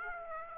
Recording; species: mosquito wingbeat signal from an infrared sensor; Aedes aegypti